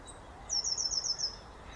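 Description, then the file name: Eurasian blue tit giving one short, high, rapid trill of several even notes over steady background hiss. "Cyanistes caeruleus"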